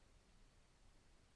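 An APRS upgrade circuit board is handled over its connector on the main board inside an Anytone 878 UV Plus handheld radio during an upgrade to an Anytone 878 UV II Plus. Only a low, steady hiss with faint rustling is heard, with no distinct sharp sounds. Nothing has seated or clicked yet.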